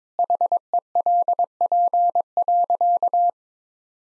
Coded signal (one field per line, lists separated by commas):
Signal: Morse code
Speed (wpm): 21 wpm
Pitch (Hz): 700 Hz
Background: none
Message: HELP.